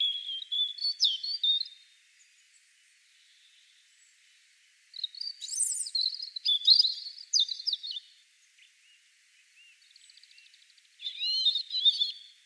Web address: cianscape birddata Deverinetal 2025 Bird Only Er Ru